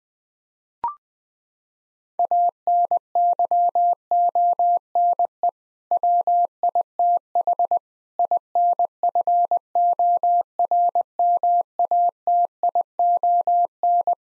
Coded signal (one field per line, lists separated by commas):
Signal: Morse code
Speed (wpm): 21 wpm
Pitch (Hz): 700 Hz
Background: none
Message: ANYONE WITH INFORMATION